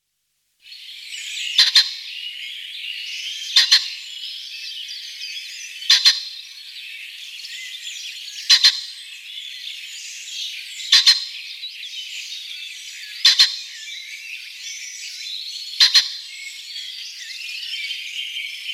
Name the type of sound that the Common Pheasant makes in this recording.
song